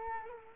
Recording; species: mosquito wingbeat signal from an infrared sensor; Culex quinquefasciatus